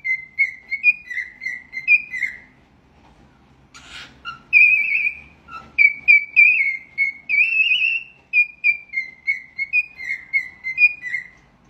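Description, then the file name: Cockatiel whistled song: a rapid series of bright, warbling whistles, some rising and some falling, delivered in quick bursts with a brief noisy rustle in the middle. "Nymphensittich singt"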